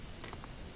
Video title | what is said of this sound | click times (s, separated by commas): How to Use Polaris Pulse Bar Quick Connectors | they snap in | 0.3 s